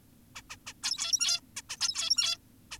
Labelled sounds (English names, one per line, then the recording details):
Zebra Finch
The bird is an adult
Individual g17y2U